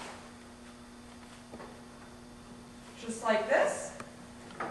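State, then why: Not seated. With the new filter placed in a Lennox Healthy Climate PMAC furnace air cleaner, the cabinet door is held and its tabs are lined up with the housing while someone talks over a steady low hum. Soft handling and brief scraping rise around 3.1 to 3.9 s. The door has not snapped in or seated yet.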